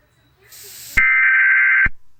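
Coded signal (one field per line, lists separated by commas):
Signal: Emergency Alert System (SAME) tones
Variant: header bursts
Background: speech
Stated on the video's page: Fictional EAS scenario.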